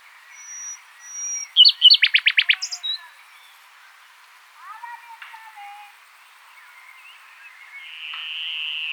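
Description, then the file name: Common nightingale song: a fast burst of loud repeated notes, then softer scattered phrases, ending in a sustained note. "Luscinia megarhynchos"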